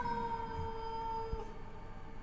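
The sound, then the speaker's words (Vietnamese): A cat outside yowls shrilly in one long, unbroken wail, its high, steady pitch sounding like a crying baby, with a low rumbling noise running underneath. “Tiếng con mèo kêu cứ như là tiếng trẻ con khóc chu chéo không ngừng.”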